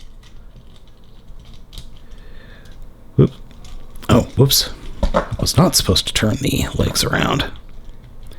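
Someone talks while handling a Transformers: Siege transforming action figure, folding its legs with light plastic rattles and small clicks. The plastic shin panels have not yet snapped into place in the legs; nothing has seated or clicked yet.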